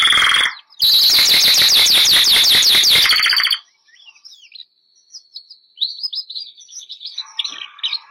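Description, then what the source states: Canary (Bernois): canary song: a brief note, then a loud, fast trill lasting about three seconds, followed by quiet, thin twittering notes. Bernois canary breed.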